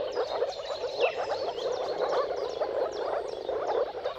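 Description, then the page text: Moor frogs producing soft, quick bubbling woops in a dense chorus, with birds whistling short sliding notes alongside. Chorus of moor frogs giving mating calls at sunrise, at the turn of March and April depending on the weather. "Dawn’s Chorus: Mating Calls of Marsh Frogs at Sunrise. Depending on the weather at the turn of March and April, you can witness an amazing spectacle of moor frogs. earth-fm Jakub-Orzecki moor frogs"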